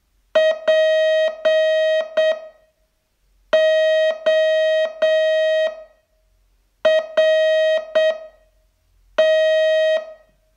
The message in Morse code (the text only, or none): PORT